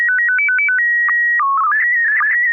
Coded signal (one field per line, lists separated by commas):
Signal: SSTV (slow-scan television)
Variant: PD 120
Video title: N6NA SSTV Net - 09/04/2024 - Part 2